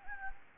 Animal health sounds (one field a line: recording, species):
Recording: mosquito wingbeat signal from an infrared sensor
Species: Anopheles gambiae